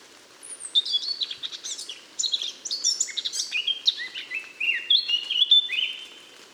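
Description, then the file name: Eurasian blackcap song: a fast, continuous warble of varied high whistled and chattering notes, rising and falling without pause over a quiet background. "Sylvia atricapilla"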